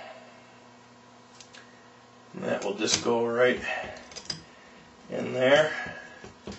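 A plastic part with guide pins is handled and positioned for fitting into an RC car chassis during a kit build. Someone talks while short handling clicks and taps are heard. Nothing has seated or clicked into place yet, and the guide pins have not snapped home.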